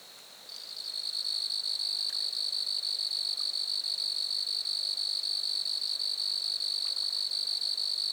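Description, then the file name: Grasshopper starting up after a brief quiet moment, then sustaining a high, rapidly pulsed trill to the end. Lac-à-François, Montcerf-Lytton, Quebec, Canada. "criquets-grasshoppers- -lac-acc 80-franccca 7 ois-montcerf-lytton-quecc 81 bec-canada"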